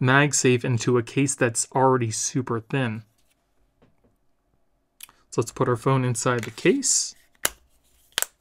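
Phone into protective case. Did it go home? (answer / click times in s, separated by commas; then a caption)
yes / 7.5 s, 8.2 s. Someone talks, then an iPhone 16 Pro Max is pressed into a THINBORNE minimalist case made of thin 600D aramid fiber with built-in MagSafe. Sharp clicks ring out at 7.5 s and 8.2 s as the case edges snap over the phone. The phone is seated firmly in the case.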